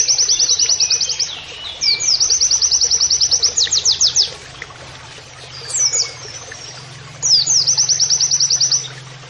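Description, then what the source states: White-eye singing rapid high trills with sharp down-slurred notes mixed in, three main bursts separated by quieter gaps, over a faint low hum. Masteran (training) recording of a gacor (persistently singing) white-eye (pleci) delivering canary-like phrases (nembak kenarian).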